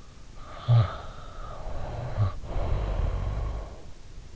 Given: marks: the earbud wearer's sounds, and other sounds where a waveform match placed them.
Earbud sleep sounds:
sounds in sleep by an in-ear microphone; snoring breath
0.26-4.01 s: snoring breath

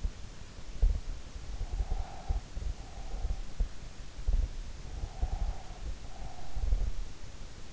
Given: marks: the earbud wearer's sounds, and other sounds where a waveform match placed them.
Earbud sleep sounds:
sounds in sleep by an in-ear microphone; breath
1.63-3.67 s: breath
4.93-6.80 s: breath

